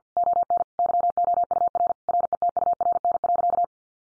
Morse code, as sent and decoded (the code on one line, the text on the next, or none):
--- -. / -.-- --- ..- .-. / .-. . - ..- .-. -. .-.-.-
ON YOUR RETURN.